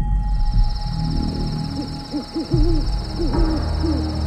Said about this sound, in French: Les chouettes ululent.